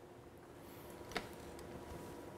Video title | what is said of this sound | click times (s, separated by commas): Vidéo Installation - Harnais sur F3T/LTD 2018 et plus - Comment passer le harnais - La Spyder Shop | tournant vers la droite vous allez entendre un clic ça c'est le système | 1.2 s